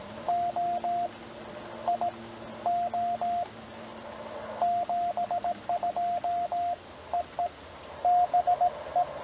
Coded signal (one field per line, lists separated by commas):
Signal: Morse code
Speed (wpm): 17 wpm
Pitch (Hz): 690 Hz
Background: radio noise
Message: OIO 72 EE BE